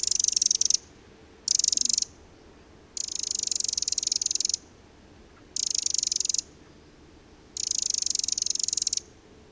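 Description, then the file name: Eurasian wren churring in harsh, buzzy rattles of uneven length, five bursts separated by brief pauses, with no other clear sounds. "Eurasian Wren (Troglodytes troglodytes)"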